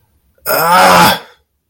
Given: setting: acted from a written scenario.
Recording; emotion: vocal sound without words; anger